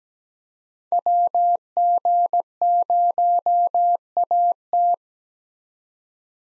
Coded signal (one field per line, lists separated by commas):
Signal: Morse code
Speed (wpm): 17 wpm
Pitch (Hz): 700 Hz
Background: none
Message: WG0AT